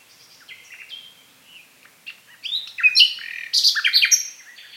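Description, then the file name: Common nightingale song building from soft scattered notes to a burst of loud, varied, rapidly changing whistles and chirps. "Luscinia megarhynchos"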